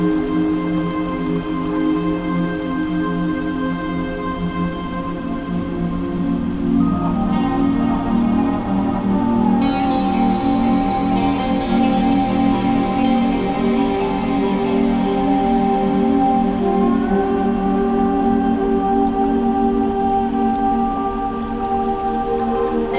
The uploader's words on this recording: Relaxation Music - Water Droplets - Nature Sound - Piano Background.